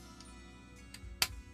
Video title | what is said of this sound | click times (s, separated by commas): Transformers WFC Earthrise Battlechargers Runabout & Runamuck Review | push until it clicks then there's these uh | 1.2 s